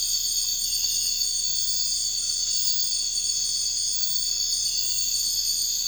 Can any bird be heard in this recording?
no